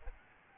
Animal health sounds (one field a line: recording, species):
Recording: mosquito wingbeat signal from an infrared sensor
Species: Aedes albopictus